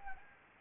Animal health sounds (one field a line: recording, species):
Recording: mosquito wingbeat signal from an infrared sensor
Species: Anopheles arabiensis